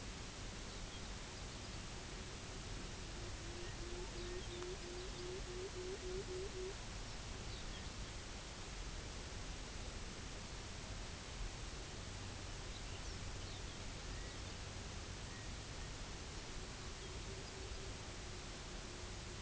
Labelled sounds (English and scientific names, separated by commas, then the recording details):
unidentified sound, Pectoral Sandpiper (Calidris melanotos)
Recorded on Arctic tundra, site UTQI-0, on 16 June 2019
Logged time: 12:00